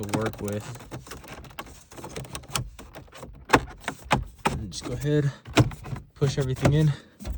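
Plastic gauge cluster trim on a 1995 Civic is handled and pushed back into the car dashboard while someone talks, with a few short, sharp knocks and taps along the way. The clip ends before the trim goes home, so nothing has seated or clicked yet.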